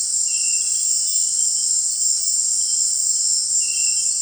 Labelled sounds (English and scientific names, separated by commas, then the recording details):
none
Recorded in dense forest near Puerto Asís, Putumayo, Colombia, on 22 June 2025 at 18:30
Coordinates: 0.468, -76.322
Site GP03